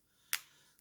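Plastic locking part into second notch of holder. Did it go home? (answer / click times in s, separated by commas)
yes / 0.3 s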